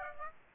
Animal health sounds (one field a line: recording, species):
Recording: mosquito wingbeat signal from an infrared sensor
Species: Aedes aegypti